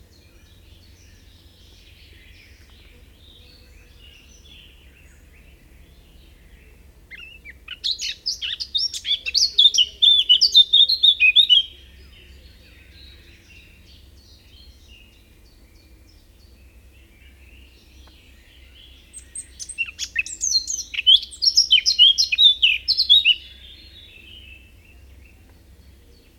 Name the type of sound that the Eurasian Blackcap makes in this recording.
song